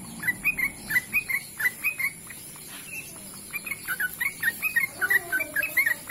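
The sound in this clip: Bird chirps in two short runs separated by a quiet moment, the second run faster and busier, with a constant high hiss.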